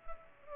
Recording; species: mosquito wingbeat signal from an infrared sensor; Culex pipiens